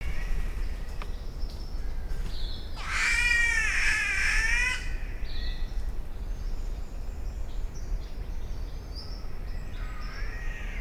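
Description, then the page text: Green catbird uttering a long, wavering, cat-like wailing call lasting about two seconds, with faint scattered high sounds before and after and a steady low rumble throughout. "Голоса птиц - Зелёная птица-кошка (Ailuroedus crassirostris)"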